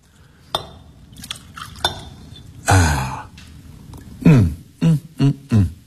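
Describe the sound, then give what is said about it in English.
Brandy glugs from a bottle into a glass in a short pour, preceded by a few light glassy clinks and followed by several brief, breathy bursts, with no talking. “behind the fire guard, you'll find a bottle of brandy hidden away by Sir Isaac Newton. Certainly, Herr Inspector. May I pour you one?”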